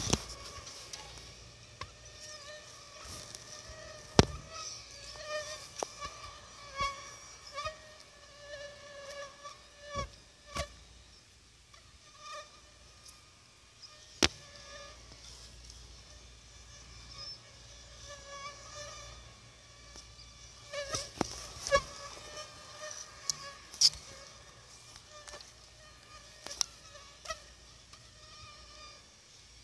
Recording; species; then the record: mosquito flight sound by mobile phone; Aedes aegypti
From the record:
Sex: female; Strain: 10130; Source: CDC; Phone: Sony Xperia